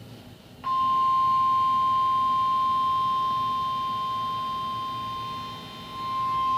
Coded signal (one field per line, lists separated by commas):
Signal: Emergency Alert System (SAME) tones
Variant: 1050 Hz attention tone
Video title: Thunderstorm moving in the area No EAS